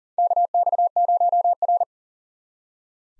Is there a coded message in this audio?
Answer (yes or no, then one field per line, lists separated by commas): yes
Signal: Morse code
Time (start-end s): 0.2-1.8 s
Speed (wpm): 40 wpm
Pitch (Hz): 700 Hz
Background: none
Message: KX0R